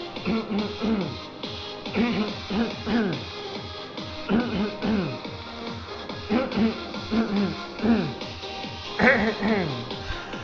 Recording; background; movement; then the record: throat clearing; music; sitting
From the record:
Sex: male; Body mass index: 20.6 kg/m2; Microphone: on the chest, facing outward